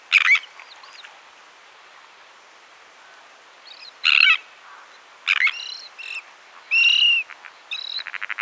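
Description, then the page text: Sandwich tern calls: scattered harsh rasping notes, single and paired, separated by quiet gaps, with a short rapid clicking series at the end. "Sandwich Tern Calls Sound Effect. Quick Sounds"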